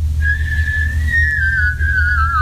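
A person whistles one long, steady note that wavers slightly and drifts a little lower toward the end, over a constant low hum with no talking.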